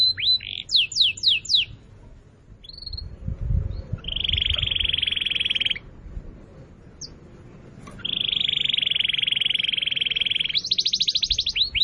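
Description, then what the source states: Atlantic canary song: quick bursts of falling slurred notes, then long buzzy rolled trills separated by quiet gaps with low background rumble. Canary song used as a lure to attract birds.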